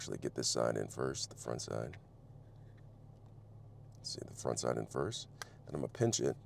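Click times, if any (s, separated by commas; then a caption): none. Someone talks while fitting the plastic cover of a Dodge Challenger key fob back onto its housing after installing a new coin battery, setting the front side in first and then pinching the two plastic halves together. During a pause in the talk there are faint handling sounds, but nothing has seated or clicked yet.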